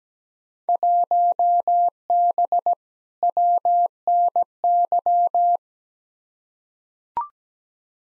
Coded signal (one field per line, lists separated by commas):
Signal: Morse code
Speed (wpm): 17 wpm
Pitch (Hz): 700 Hz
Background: none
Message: 1B WNY